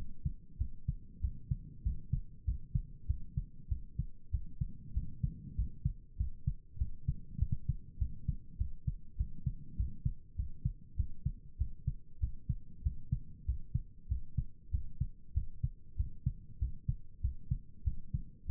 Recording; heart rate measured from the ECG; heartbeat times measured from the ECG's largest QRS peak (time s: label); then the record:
heart sounds by stethoscope; 97 bpm
0.57 s: heartbeat
1.20 s: heartbeat
1.82 s: heartbeat
2.44 s: heartbeat
3.06 s: heartbeat
3.68 s: heartbeat
4.30 s: heartbeat
4.93 s: heartbeat
5.55 s: heartbeat
6.16 s: heartbeat
6.77 s: heartbeat
7.38 s: heartbeat
7.98 s: heartbeat
8.57 s: heartbeat
9.16 s: heartbeat
9.76 s: heartbeat
10.35 s: heartbeat
10.96 s: heartbeat
11.57 s: heartbeat
12.19 s: heartbeat
12.82 s: heartbeat
13.45 s: heartbeat
14.08 s: heartbeat
14.70 s: heartbeat
15.33 s: heartbeat
15.96 s: heartbeat
16.58 s: heartbeat
17.21 s: heartbeat
17.83 s: heartbeat
18.46 s: heartbeat
From the record:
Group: healthy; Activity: rest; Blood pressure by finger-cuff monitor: 96/67 mmHg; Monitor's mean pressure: 77 mmHg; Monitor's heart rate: 97 bpm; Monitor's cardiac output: 7.7 L/min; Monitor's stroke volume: 80 mL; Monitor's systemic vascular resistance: 710 dyn s/cm5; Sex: male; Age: 19 years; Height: 178 cm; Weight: 83 kg